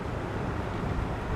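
The end of a 4-pole trailer wiring harness from a Curt T-connector kit on a 2019 Infiniti QX60 is being plugged into its mating plastic wiring connector. Only a steady, low broadband rumble is heard, with no sharp transients. The plug has not seated or clicked yet.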